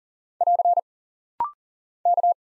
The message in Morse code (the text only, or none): <AR> K